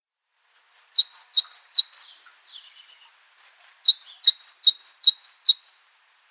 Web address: Schulze Peter Tenerife Blue Tit song